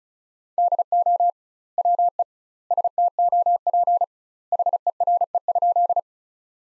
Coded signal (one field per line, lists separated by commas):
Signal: Morse code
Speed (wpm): 34 wpm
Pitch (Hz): 700 Hz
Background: none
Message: DO WE STOP HERE?